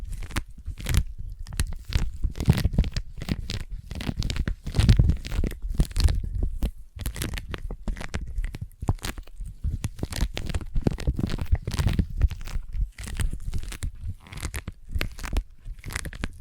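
Sticky tapping fills the whole clip as a dense, irregular run of quick taps and tacky peeling sounds, each one a short crackly burst. A low thudding layer sits under them, with brief lulls around the seventh and thirteenth seconds.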